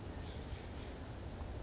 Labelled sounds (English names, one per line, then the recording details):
California Towhee
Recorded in Sonoma County, California